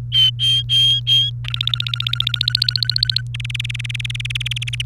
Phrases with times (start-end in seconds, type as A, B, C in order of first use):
0.12-1.30 A, 1.44-3.21 B, 3.34-4.82 C